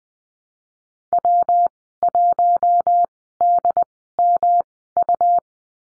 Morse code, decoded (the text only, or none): W1DMU